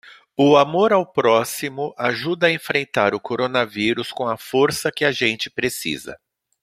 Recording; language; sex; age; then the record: spoken sentence; Brazilian Portuguese; male; 50 to 59 years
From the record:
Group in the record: control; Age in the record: 51 years